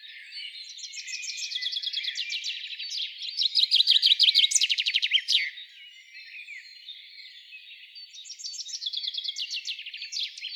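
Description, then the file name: Common chaffinch song: a series of sharp repeated notes that grows louder and ends in an emphatic flourish, then another song starts near the end. "Fringilla coelebs"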